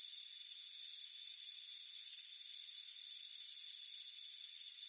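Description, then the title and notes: Cricket chirping: short pulsed, trilled bursts at a steady pace over steady high whining tones. Crickets chirping on a warm afternoon on a front porch. "Soothing Crickets Chirping Sound. It's a warm afternoon as you relax in a hammock on the front porch. Relax and fall asleep to the soothing sound of chirping crickets. Deep Sleep Sounds"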